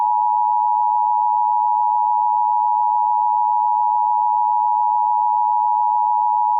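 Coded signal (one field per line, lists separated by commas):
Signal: Emergency Alert System (SAME) tones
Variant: 853 and 960 Hz attention tone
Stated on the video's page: Fictional EAS scenario containing valid EAS tones.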